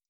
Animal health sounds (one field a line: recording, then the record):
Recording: hydrophone in a shrimp aquaculture tank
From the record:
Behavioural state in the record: stressed